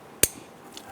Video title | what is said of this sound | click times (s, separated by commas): How to Replace Upstream O2 Sensors 2011-2021 Jeep Grand Cherokee 3.6L V6 | you can hear it and feel it snap into place and | 0.2 s